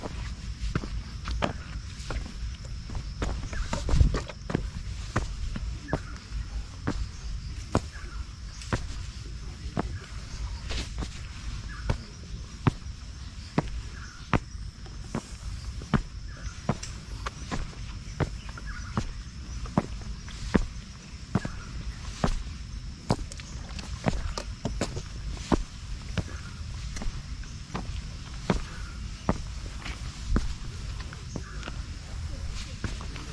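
A morning walk through mountain forest at sunrise, with footsteps tapping and crunching in an uneven but steady rhythm throughout. A constant high-pitched hum hangs over a low rumble, and a sharper thump stands out around four seconds in.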